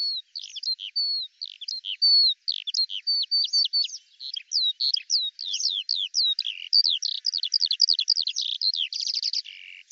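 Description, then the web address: Eurasian skylark pouring out high twittering song that speeds into fast chirps, closing with a quick buzzy trill. "Deverinetal 2025 Bird Al Ar"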